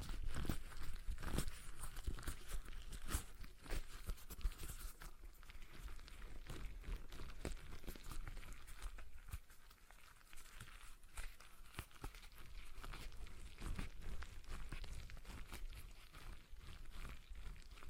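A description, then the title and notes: A stress ball is squeezed and handled, giving dense, irregular crinkly squishes and soft taps throughout, with brief sharp clicks scattered across the whole stretch. ASMR Relaxing Stress Ball Sounds (No Talking).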